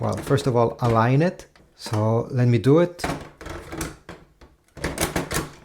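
Someone talks while a new toner cartridge is lined up with the slot of an HP LaserJet M140we laser printer and shuffled in, giving a few brief plastic handling knocks between about 3.4 and 5.2 seconds. The cartridge has not yet been pressed home, and nothing has seated or clicked yet.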